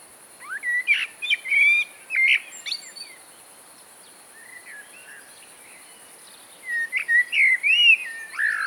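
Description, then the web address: Common blackbird singing mellow whistled phrases ending in thin, high twittering flourishes, two bursts separated by a few seconds of near-silence, with a constant high-pitched background hiss. "ocells Mirlo-comun"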